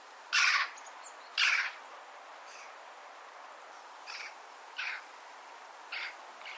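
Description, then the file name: Eurasian magpie calls: two loud, grating rasps a second apart, then several fainter harsh notes spaced irregularly over the following seconds. "Pica pica"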